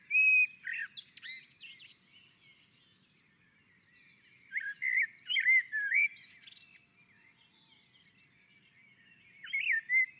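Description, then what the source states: Common blackbird song: three phrases of flutey, warbling notes mixed with high squeaky flourishes, with long quiet gaps between them. On a roof.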